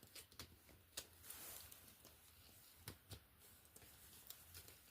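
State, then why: Not seated. A plastic tab is pushed toward its slot during the transformation of a plastic action figure, producing several small, sharp plastic knocks with short rustling handling sounds between them. The tab fails to go in, and nothing has seated or clicked yet.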